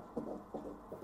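Fetal heartbeat of a male fetus, heard by ultrasound Doppler.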